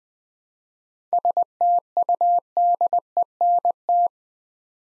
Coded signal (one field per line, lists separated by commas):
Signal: Morse code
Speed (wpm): 20 wpm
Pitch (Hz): 700 Hz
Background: none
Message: STUDENT